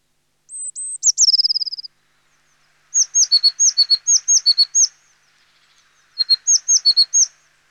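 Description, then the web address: Eurasian blue tit song: high thin whistled notes running into a descending trill, followed by repeated bright two-note phrases in quick series. "Sinitiainen. nauhalaisen aanimaailmat"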